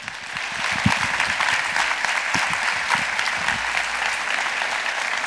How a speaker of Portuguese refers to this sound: Nós trabalhamos no Centro Comunitário de Gafanha do Carmo e fazemos parte desta grande família, que é a Associação de Solidariedade Social da Gafanha do Carmo, que hoje, dia 10 de maio, faz 16 anos. Palmas.